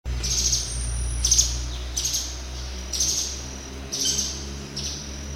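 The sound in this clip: Streaked spiderhunter calling: short, sharp, high chirping notes repeated about once a second, over a steady low hum.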